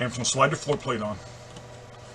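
A floor plate is being slid onto the bottom of a Smith & Wesson Sigma pistol magazine tube while someone talks, then the speech fades into quiet low background hum. Nothing has seated or clicked yet; the floor plate has not snapped home by the end of the clip.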